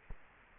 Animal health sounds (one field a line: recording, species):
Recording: mosquito wingbeat signal from an infrared sensor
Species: Culex quinquefasciatus